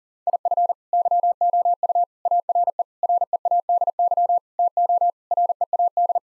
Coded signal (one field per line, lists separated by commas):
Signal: Morse code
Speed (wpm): 40 wpm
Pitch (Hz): 700 Hz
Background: none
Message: IF YOU ARE READY TO READ